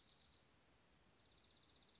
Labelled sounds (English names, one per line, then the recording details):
Dark-eyed Junco
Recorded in Sonoma County, California